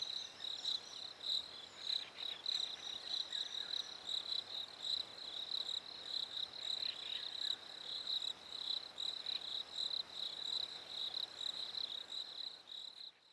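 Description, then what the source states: Crickets chirping in a steady high-pitched chorus of overlapping, pulsing trills. Crickets recorded in Africa during winter.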